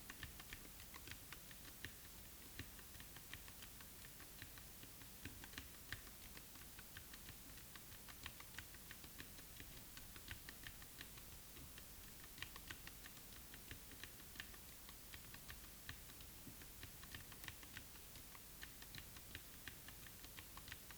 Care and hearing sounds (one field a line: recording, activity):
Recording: daily activity, guitar pickup as the sensor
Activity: type